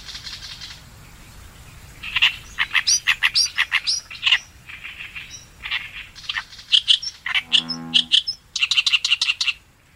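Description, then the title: Oriental reed warbler song: loud, rasping chattering phrases of repeated harsh notes, with a brief low buzzy sound and quieter background. On the Tone River riverbank, Japan. "利根川河川敷のオオヨシキリ"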